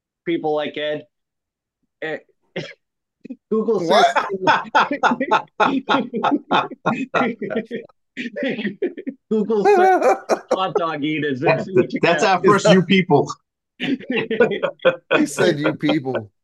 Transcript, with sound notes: people like Ed.
Google says-- (laughing)
Google says hot dog eaters. That's how first you people said you people.